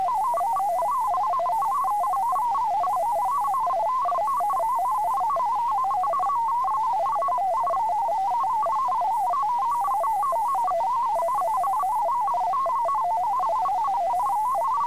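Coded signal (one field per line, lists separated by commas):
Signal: multi-tone FSK (Olivia or MFSK type)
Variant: MFSK32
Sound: continuous warbling run of rapid stepping tones around 1 kHz, like fast random melody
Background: faint steady high tone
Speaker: stay tuned for another test message just like on the Nets over the radio the transmission will begin in kestia 4250 a mode change to mfsk 32 will be sent followed by the test FL message traffic and then another mode change back to contesa once the traffic is sent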